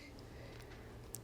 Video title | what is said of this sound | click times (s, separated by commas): Wolfgang Puck Spiralizer Instructional Video | put it on and turn it clockwise until it clicks | 1.2 s